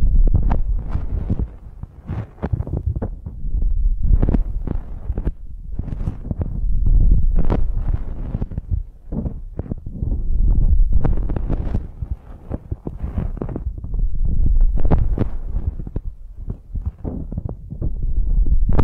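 An ear massage sounds as dense, muffled rubbing and thumping, mostly low and heavy, with brighter crackly brushes flashing up every fraction of a second. The strokes come steadily and irregularly across the whole stretch, with slight swells and dips in loudness.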